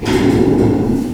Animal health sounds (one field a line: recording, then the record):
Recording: squeal of a Yucatan mini pig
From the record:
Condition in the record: before surgery on the right vocal fold (resection and tissue-engineered implant)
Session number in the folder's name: 1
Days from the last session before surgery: -3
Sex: male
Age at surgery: 12 weeks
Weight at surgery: 13 kg